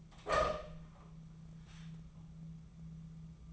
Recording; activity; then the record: daily activity, microphone in the room; open door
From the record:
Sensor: 1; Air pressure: 1005.0 hPa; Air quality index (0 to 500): 86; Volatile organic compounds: 2 ppm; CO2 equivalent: 1161 ppm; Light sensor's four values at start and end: 10/24/9/10 and 10/24/9/10